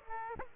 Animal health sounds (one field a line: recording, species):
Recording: mosquito wingbeat signal from an infrared sensor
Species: Aedes aegypti